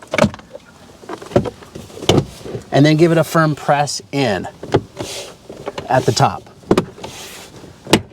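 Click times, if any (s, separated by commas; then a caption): 6.7 s, 7.9 s. On a 2019–2023 Toyota RAV4, the top edge of a plastic interior door trim panel is pressed firmly into the channel along the window line while someone talks. It snaps into place with sharp clicks at 6.7 s and 7.9 s, and the panel top is seated.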